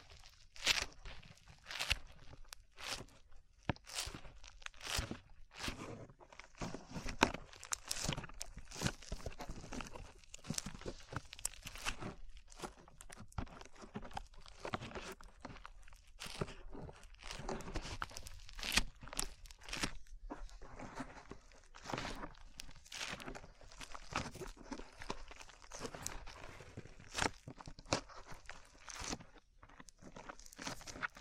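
Slime being squeezed and pulled makes a dense, irregular run of sticky crackles and wet pops, with sharp bright snaps every second or so.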